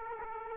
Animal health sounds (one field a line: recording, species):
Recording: mosquito wingbeat signal from an infrared sensor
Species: Aedes aegypti